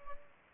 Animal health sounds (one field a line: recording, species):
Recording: mosquito wingbeat signal from an infrared sensor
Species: Aedes aegypti